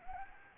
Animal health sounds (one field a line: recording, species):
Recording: mosquito wingbeat signal from an infrared sensor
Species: Anopheles gambiae